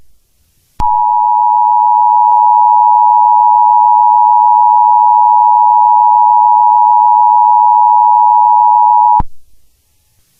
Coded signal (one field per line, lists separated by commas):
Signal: Emergency Alert System (SAME) tones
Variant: 853 and 960 Hz attention tone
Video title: EAS Scenario: The Wrath of the Drones